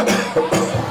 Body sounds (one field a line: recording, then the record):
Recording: coughing mixed with background sound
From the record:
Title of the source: Cough Around the Clock!